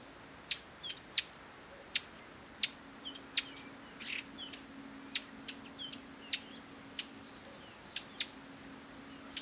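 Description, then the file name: Eurasian Blackcap giving hard, clicking tac calls, sharp and dry, repeated irregularly, with a few softer high twittering notes between them. "Sylvia atricapilla"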